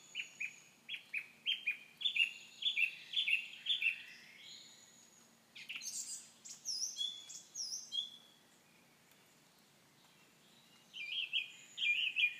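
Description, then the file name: Common nightingale song: a string of repeated chirping notes, a burst of high varied phrases, silence, then more quick notes. "Nachtegaal"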